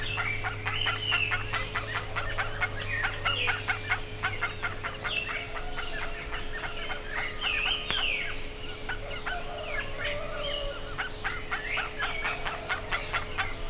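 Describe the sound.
Bird chatters in rapid, scratchy notes, with wavering whistles rising and falling over a steady hum.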